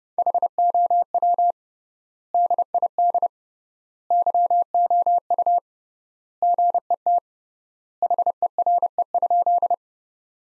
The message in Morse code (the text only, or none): HOW DID YOU GET HERE?